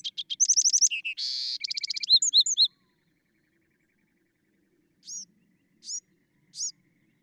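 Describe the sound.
Bewick's wren song: a rapid jumble of buzzy trills and clear whistled notes over about three seconds, then three short rising-falling chips after a pause.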